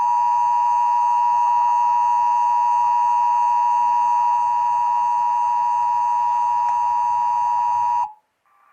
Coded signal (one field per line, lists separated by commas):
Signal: Emergency Alert System (SAME) tones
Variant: 853 and 960 Hz attention tone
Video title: Massachusetts RMT on WSBK-DT (EAS #999)